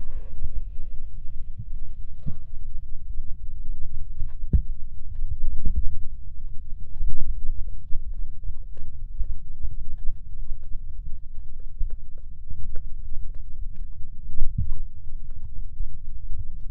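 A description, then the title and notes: Muffled ear cupping fills the clip with a deep, continuous rumble and soft pressing thumps. Short clicks and brief rustles break through at irregular moments, a little brighter near the start, while the low, underwater-like pressure stays steady throughout. 超炸腦的摀耳朵. Deep Ear Cupping | Intense Bass & Underwater Sounds | NO Talking.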